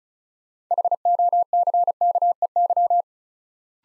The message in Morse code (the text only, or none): HOCKEY